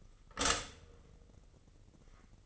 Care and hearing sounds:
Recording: daily activity, microphone in the room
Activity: stop toaster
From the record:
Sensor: 4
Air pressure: 996.0 hPa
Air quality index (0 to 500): 66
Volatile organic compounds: 2 ppm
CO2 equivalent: 1191 ppm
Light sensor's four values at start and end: 12/27/11/11 and 10/24/10/10

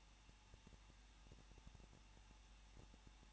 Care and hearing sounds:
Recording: daily activity, microphone in the room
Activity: no activity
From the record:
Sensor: 1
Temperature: 20.1 degrees Celsius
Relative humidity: 39.2%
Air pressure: 1006.3 hPa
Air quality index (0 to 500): 217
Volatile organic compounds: 77 ppm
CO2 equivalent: 3578 ppm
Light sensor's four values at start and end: 1/2/1/1 and 1/2/1/1

